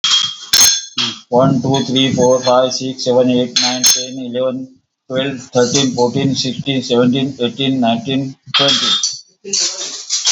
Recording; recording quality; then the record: counting at a fast pace; excellent, no background noise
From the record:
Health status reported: healthy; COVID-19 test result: negative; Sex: male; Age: 53 years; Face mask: not worn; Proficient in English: yes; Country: India